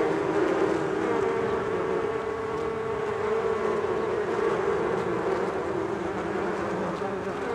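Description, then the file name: Low steady bee drone, a broad humming texture of overlapping buzzes that holds evenly from start to finish. Several bees. "benboncan bees"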